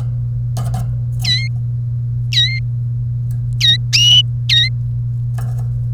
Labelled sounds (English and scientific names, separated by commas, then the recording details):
Domestic Canary (Serinus canaria) song
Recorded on 1 May 2018 at 11:49
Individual llb3